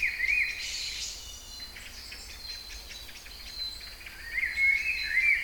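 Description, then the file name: Songbirds in full voice, quick twittering notes and short whistled phrases, loudest at the start and near the end, over a constant thin high hum. Kouri Forest, Salonika (Thessaloniki), Greece; recorded 22 May 2012 at 18:35. "Singing Birds Kouri Forest Salonika 22 05 12 18 35"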